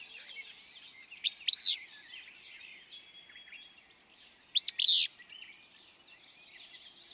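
Willow flycatcher song: two sneezy, burry phrases about three seconds apart, each of quick high rising notes, with other birds twittering behind.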